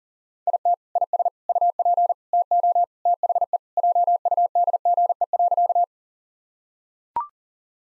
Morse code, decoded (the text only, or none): IT IS UP TO THE JUDGE.